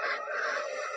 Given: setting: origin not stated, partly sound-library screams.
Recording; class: one-second piece from a danger detection set; woman in danger